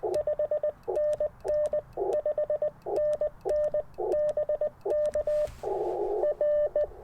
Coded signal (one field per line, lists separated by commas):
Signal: Morse code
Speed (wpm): 20 wpm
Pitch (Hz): 600 Hz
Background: radio noise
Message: 5NN 5NN BK R